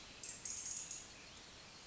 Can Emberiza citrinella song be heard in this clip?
no